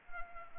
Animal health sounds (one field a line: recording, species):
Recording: mosquito wingbeat signal from an infrared sensor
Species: Anopheles arabiensis